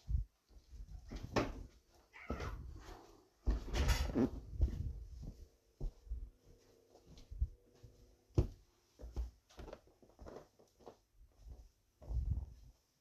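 Irregular thumps and knocks, like steps on a wooden floor, come in scattered bursts with quiet gaps. A rising cat-like meow sounds near the 2-second mark, followed by a dense, rustling clatter around 4 seconds and a faint drawn-out tone around 7 seconds.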